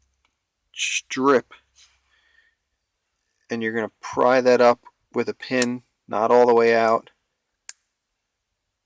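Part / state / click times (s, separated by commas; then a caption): wire retaining strip in a vehicle harness connector plug / released / 7.7 s. Someone talks while the white plastic wire-retaining strip on the underside of a Toyota 4Runner wiring harness connector plug is pried partway up with a pin, not all the way out. A single sharp click at 7.7 s marks the strip popping into its released position.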